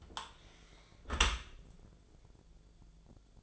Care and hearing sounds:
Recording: daily activity, microphone in the room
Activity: close dishwasher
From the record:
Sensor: 5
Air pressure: 1000.6 hPa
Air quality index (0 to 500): 157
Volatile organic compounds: 2 ppm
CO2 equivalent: 1208 ppm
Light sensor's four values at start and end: 46/104/45/49 and 46/104/45/49

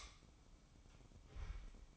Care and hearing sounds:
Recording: daily activity, microphone in the room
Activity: light off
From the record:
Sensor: 1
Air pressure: 1007.9 hPa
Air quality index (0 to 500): 124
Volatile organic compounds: 2 ppm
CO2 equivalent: 1046 ppm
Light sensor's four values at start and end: 13/38/14/16 and 8/20/8/9

